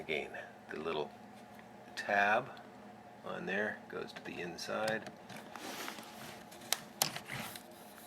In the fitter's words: and locks in place,